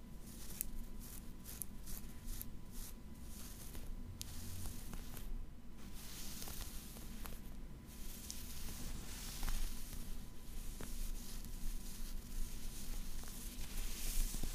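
Fabric scratching and rubbing in a steady, dense rasp that runs the whole fifteen seconds, with bright hissy strokes coming in quick irregular bursts. A low constant hum sits underneath, and the scratching grows slightly louder toward the end.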